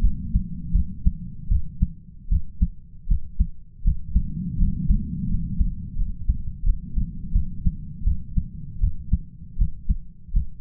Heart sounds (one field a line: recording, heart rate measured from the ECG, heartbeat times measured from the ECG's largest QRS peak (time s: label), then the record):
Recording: heart sounds by stethoscope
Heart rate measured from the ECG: 81 bpm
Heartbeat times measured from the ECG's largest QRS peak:
0.01 s: heartbeat
0.73 s: heartbeat
1.49 s: heartbeat
2.29 s: heartbeat
3.08 s: heartbeat
3.83 s: heartbeat
4.58 s: heartbeat
5.28 s: heartbeat
5.96 s: heartbeat
6.64 s: heartbeat
7.32 s: heartbeat
8.04 s: heartbeat
8.80 s: heartbeat
9.57 s: heartbeat
10.32 s: heartbeat
From the record:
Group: healthy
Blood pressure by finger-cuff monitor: 116/67 mmHg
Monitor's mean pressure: 81 mmHg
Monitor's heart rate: 78 bpm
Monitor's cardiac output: 8 L/min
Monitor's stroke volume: 98 mL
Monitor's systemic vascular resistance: 750 dyn s/cm5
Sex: male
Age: 33 years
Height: 179 cm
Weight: 80.4 kg